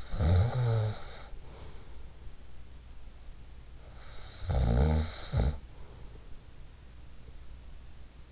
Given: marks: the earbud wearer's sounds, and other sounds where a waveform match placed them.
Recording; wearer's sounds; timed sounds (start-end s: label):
sounds in sleep by an in-ear microphone; snoring breath
0.00-2.67 s: snoring breath
4.23-6.96 s: snoring breath